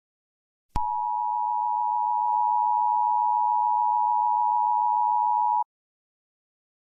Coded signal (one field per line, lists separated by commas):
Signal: Emergency Alert System (SAME) tones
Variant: 853 and 960 Hz attention tone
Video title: [OLD] EAS Scenario #1: Here Come The Undead!